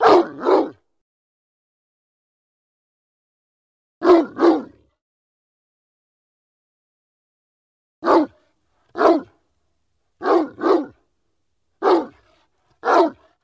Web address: diferentes variantes del sonido del ladrido de un perro grande